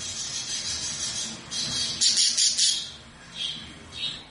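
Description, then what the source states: Budgerigar chattering in a fast, scratchy warble, loudest around two to two and a half seconds, followed by two shorter squeaky bursts. White budgerigar.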